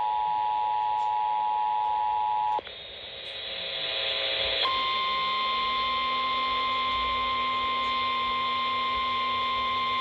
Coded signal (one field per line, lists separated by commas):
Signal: Emergency Alert System (SAME) tones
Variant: 853 and 960 Hz attention tone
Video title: Tornado Warning EAS on KDKA AM (6/17/25)